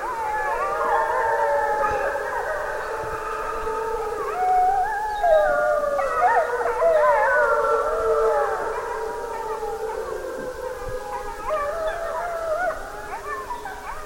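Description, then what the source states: Wolf: wolves howling together in a chorus, several overlapping long wavering tones rising and falling at once. A pack of wolves howling.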